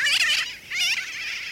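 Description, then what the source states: Sooty Tern calls: two harsh, nasal, rasping bursts, the first about half a second long and the second shorter, with a faint background hiss after them. Call rendered as kerwackywack or wackywack, said to give the nickname wide awake; the species is described as living in the air for years and perhaps sleeping in flight.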